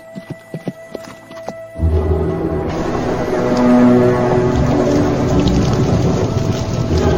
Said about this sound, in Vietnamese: Thủy Đại dục ngựa ra sức đuổi.